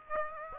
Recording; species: mosquito wingbeat signal from an infrared sensor; Aedes aegypti